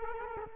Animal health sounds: mosquito wingbeat signal from an infrared sensor; Culex quinquefasciatus

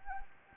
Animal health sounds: mosquito wingbeat signal from an infrared sensor; Anopheles gambiae

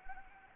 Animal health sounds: mosquito wingbeat signal from an infrared sensor; Anopheles arabiensis

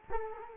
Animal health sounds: mosquito wingbeat signal from an infrared sensor; Culex quinquefasciatus

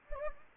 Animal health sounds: mosquito wingbeat signal from an infrared sensor; Anopheles gambiae

